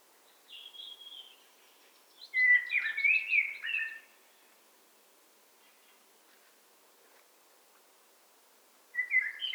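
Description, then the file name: Eurasian blackbird song: a short whistled note, then a rich warbling phrase, a long silence, and a new phrase starting at the end. "Turdus merula"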